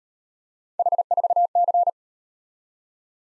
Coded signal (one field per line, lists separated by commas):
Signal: Morse code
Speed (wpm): 36 wpm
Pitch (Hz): 700 Hz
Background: none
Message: H4C